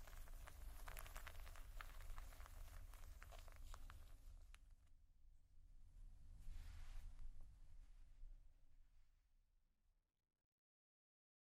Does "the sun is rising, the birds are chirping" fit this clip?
no